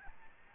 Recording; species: mosquito wingbeat signal from an infrared sensor; Aedes albopictus